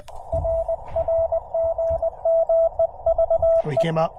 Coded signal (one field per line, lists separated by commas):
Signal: Morse code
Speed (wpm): 20 wpm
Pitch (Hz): 660 Hz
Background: speech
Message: R RGME VEE